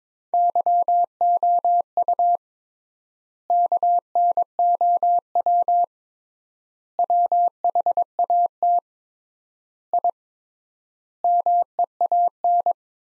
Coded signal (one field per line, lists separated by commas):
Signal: Morse code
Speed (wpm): 22 wpm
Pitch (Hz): 700 Hz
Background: none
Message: YOU KNOW WHAT I MEAN